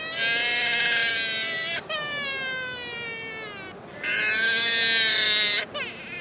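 Babies wail loudly and continuously in long, high-pitched cries with wavering tones, one sustained burst after another with only brief gasping breaks between them.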